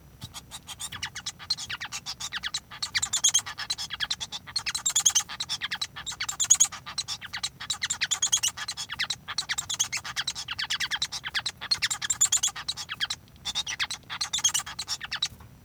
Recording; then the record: song of a male Bengalese finch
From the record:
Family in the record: son of father 1